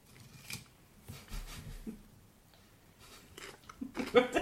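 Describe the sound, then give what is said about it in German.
Crunchy snack being chewed, with a series of brittle, crackling bites coming in irregular bursts and building to a louder, sharper crunch near the end. “Hier einen Knusper.”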